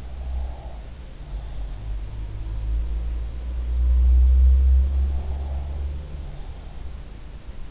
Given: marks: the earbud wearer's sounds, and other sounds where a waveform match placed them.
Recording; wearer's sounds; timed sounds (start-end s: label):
sounds in sleep by an in-ear microphone; breath
0.00-1.90 s: breath
4.94-6.92 s: breath